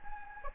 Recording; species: mosquito wingbeat signal from an infrared sensor; Anopheles gambiae